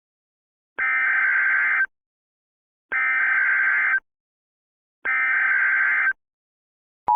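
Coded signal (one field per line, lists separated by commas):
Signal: Emergency Alert System (SAME) tones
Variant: header bursts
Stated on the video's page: Fictional EAS scenario.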